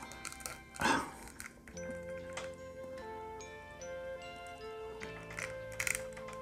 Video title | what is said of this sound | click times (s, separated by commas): S.H.Figuarts 2021 Event Exclusive Color Edition Whis | Ah bah non, ça s'emboîte pas. | none